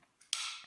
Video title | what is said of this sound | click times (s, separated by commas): How to clean the Sig Sauer P320. | you want to go ahead and just push that back across right here snap | 0.3 s